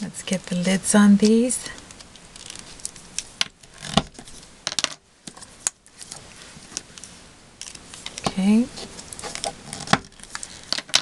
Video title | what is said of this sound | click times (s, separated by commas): Chalk Technique with Alcohol Inks Part 2 | Once you hear that snap, you're in. | 11.0 s